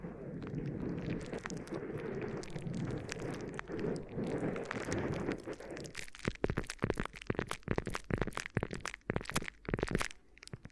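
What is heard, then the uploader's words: Crinkly ear massage: for the first six seconds a dense, low, continuous rustling and rubbing fills the sound. After that it breaks into sharp, bright crackles and crinkles, coming in rapid, irregular bursts with brief gaps between them until the end. ASMR Addictive Crinkly Ear Massage (No Talking).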